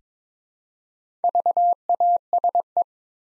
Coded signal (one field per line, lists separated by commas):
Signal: Morse code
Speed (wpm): 22 wpm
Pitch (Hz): 700 Hz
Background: none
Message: VASE